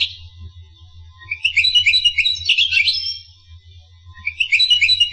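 Finch song: a lively high twittering run in the middle, with another burst starting at the end, over a soft low hum.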